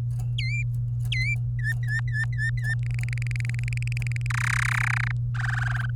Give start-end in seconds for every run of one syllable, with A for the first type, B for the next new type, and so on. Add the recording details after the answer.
0.38-0.62 A, 1.12-1.34 A, 1.59-2.75 B, 2.83-4.26 C, 4.30-5.11 D, 5.34-5.86 E. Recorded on 24 April 2018 at 11:40. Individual llb3